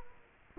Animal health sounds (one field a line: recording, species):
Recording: mosquito wingbeat signal from an infrared sensor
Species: Culex quinquefasciatus